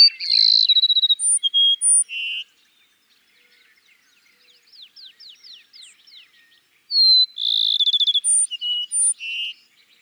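Cassin's sparrow song: a loud fast trill sliding into a few clear whistled notes, repeated after a pause filled with soft, quick downslurred chirps.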